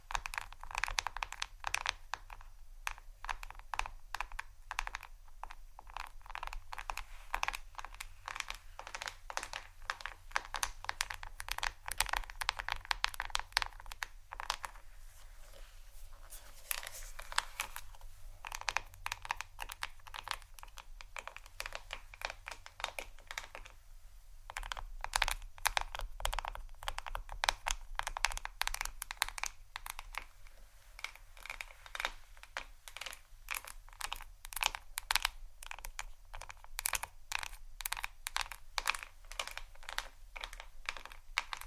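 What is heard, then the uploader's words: Hair brush and comb sounds: fast, dense bristly scratches and clicks, steady throughout with brief lulls near 15 and 24 seconds. ASMR Hair Brush & Comb Sounds （No Talking）.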